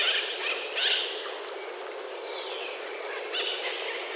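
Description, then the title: Bird song of sharp, high whistled notes, each sliding steeply downward, given in a quick series of four after two earlier notes, over steady background hiss. "LuckyPassaro Completos2Sama"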